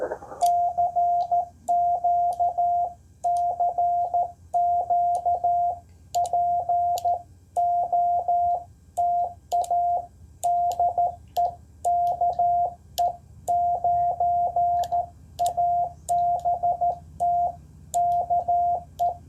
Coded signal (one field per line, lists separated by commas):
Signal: Morse code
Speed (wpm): 13 wpm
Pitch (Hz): 700 Hz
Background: none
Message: CQ CQ POTA DE KE9ABT KE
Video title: A Redeeming CW POTA Activation at Mounds State Park!